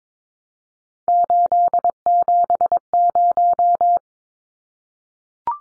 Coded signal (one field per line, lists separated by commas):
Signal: Morse code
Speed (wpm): 22 wpm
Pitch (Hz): 700 Hz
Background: none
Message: 870